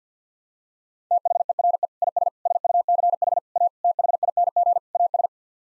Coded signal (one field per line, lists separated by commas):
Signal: Morse code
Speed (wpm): 50 wpm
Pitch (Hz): 700 Hz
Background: none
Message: THERE IS SUCH A THING AS